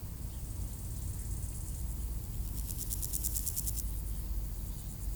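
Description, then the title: Grasshopper stridulation: a high, rapidly pulsed buzzing burst lasting just over a second, over a steady low traffic rumble. Recorded at Aveize, France, with cars passing; AB microphone pair on a Sony PCM-M10. "D633, Aveize, France - Sauterelles - Grasshoppers"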